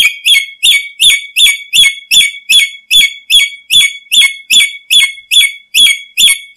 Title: Nuri merah kepala hitam